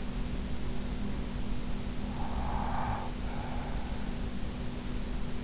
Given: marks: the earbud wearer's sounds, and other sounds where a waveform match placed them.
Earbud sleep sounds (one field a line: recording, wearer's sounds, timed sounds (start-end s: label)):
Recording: sounds in sleep by an in-ear microphone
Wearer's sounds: breath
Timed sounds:
1.87-4.06 s: breath